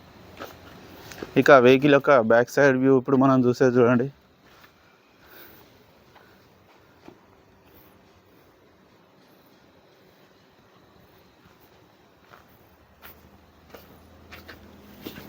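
Someone talks at the back of a 2017 Swift Dzire VDI, then the boot (dicky) lid latch on the car body is handled, with only faint rustles and a few small knocks near the end. The clip stops before the lid goes home; nothing has latched or clicked yet.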